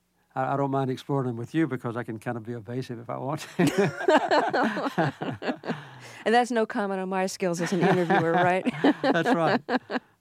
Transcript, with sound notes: I don't mind exploring them with you because I can kind of be evasive if I want to!
(LAUGHTER)
And that's no comment on my skills as an interviewer, right?
That's right.